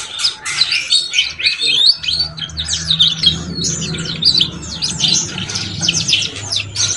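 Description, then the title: Belgian canary song, a dense, rapid run of high twittering trills and chirps pouring out continuously, with a steady low hum underneath from about two seconds on. Belgian canary song used to stimulate young canaries to start singing and warbling quickly. "Canto Para Esquentar Canário Belga. SUARA KENARI PAUD CUIT CUIT BELAJAR BUNYI - pancingan kenari paud muda agar cepat bunyi dan ngeriwik"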